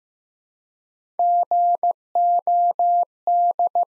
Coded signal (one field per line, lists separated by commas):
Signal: Morse code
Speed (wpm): 15 wpm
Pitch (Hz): 700 Hz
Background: none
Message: GOD